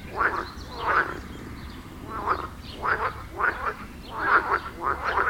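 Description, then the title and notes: Frogs croaking in irregular bursts of rasping calls, with short pauses between them. Frog chorus at the village pond in Wohlsborn, Germany; recorded with a TASCAM DR-40X. "Wohlsborn, Deutschland - Froschkonzert. Frog concert. Froschkonzert am Dorfteich in Wohlsborn"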